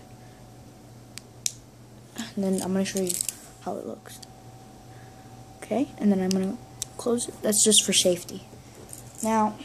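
The plastic twist safety top on a pepper spray canister is closed again for safety, and after a faint tick at 1.2 s it locks with a sharp click at 1.5 s. Someone talks afterward.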